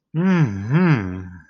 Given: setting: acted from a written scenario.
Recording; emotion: vocal sound without words; romantic love